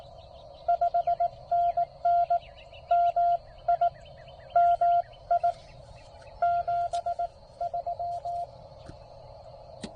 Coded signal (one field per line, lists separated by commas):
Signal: Morse code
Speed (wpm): 18 wpm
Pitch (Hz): 690 Hz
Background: none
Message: 5NN MI MI 73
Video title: Penntek TR54L "Skinny" Maiden voyage. POTA Activation